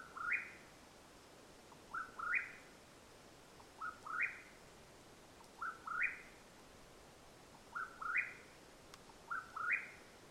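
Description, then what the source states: Mexican whip-poor-will singing a burry whistled phrase that jumps upward at the end, repeated six times with soft background hiss. Call at nightfall in Madera Canyon, Arizona, USA, 21 April 2022.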